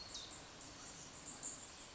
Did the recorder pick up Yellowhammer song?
no